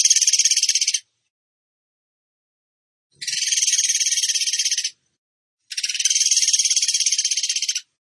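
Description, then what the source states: Bird song: three rapid, buzzy, high-pitched trills, each one to two seconds of fast even pulses, separated by silent gaps. Masteran training song of a singing bird in the tembakan gacor style.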